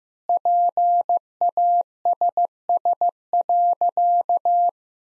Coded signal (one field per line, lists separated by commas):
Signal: Morse code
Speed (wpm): 16 wpm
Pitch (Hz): 700 Hz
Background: none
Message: PASS.